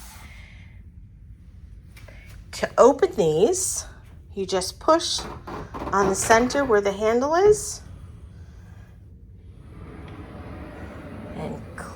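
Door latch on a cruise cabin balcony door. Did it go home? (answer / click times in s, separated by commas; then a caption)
yes / 11.8 s. A cruise cabin balcony door is pushed closed at the center near the handle while someone talks. The door's latch clicks shut at 11.8 s, seating the latch.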